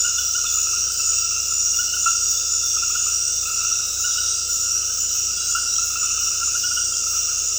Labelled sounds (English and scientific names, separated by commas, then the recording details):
none
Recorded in dense forest near Puerto Asís, Putumayo, Colombia, on 19 February 2024 at 22:00
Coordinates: 0.485, -76.318
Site G6408